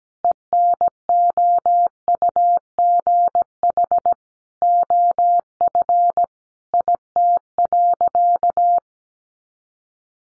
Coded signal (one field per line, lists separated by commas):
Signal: Morse code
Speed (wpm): 17 wpm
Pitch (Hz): 700 Hz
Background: none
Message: ENOUGH OF IT.